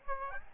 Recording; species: mosquito wingbeat signal from an infrared sensor; Aedes albopictus